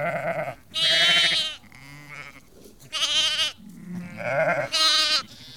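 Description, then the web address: Sheep bleating in a busy flock, several loud quavering bleats with quieter calls between. About 30 to 50 ewes and lambs calling together. "BBC Sound Effects Library (Livestock) About 30-50 Ewes and Lambs Calling"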